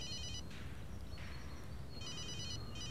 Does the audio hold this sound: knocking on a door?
no